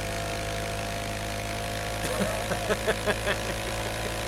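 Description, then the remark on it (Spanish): A rough old motorcycle engine drones steadily, then sputters with a series of rhythmic popping bursts over the low mechanical hum. “Es una moto como del tiempo de Cristóbal Colón.”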